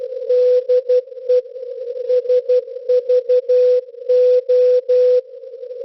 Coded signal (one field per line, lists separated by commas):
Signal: Morse code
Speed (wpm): 12 wpm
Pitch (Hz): 500 Hz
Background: none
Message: DE SVO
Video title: 8424 kHz (CW) - SVO Olympia Radio (20-08-2026) # #shortwaveradio #shortwave #svo